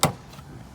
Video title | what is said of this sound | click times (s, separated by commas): June 29, 2020 | and the flapper can be snapped into place | 0.0 s